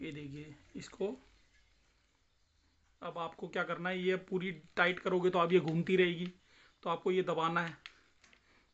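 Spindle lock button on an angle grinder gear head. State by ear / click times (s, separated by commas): seated / 8.2 s, 8.3 s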